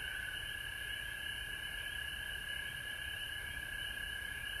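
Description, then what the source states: Dense frog chorus with a continuous trill, evenly loud throughout. Frogs recorded at home in Georgia on March 19, 2020.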